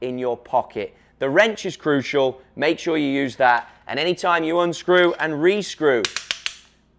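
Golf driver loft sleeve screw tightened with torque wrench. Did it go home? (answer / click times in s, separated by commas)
yes / 6.5 s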